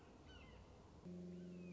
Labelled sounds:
Red-shouldered Hawk
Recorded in Sonoma County, California

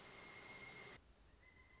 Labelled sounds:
Pileated Woodpecker
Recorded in Sonoma County, California

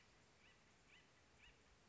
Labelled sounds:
Acorn Woodpecker
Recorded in Sonoma County, California

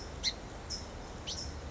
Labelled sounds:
California Towhee
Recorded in Sonoma County, California

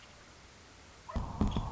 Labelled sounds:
Nuttall's Woodpecker
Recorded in Sonoma County, California

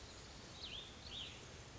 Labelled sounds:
Cassin's Vireo
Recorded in Sonoma County, California

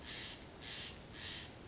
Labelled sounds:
Steller's Jay
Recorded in Sonoma County, California

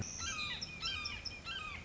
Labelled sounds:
Red-shouldered Hawk
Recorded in Sonoma County, California

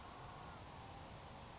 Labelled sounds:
Grasshopper Sparrow
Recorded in Sonoma County, California

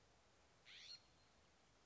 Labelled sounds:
California Scrub-Jay
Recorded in Sonoma County, California

